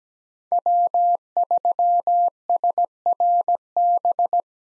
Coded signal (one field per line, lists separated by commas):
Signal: Morse code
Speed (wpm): 17 wpm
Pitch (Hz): 700 Hz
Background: none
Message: W3SRB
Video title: 2023 POTA Activator Call Signs - 17wpm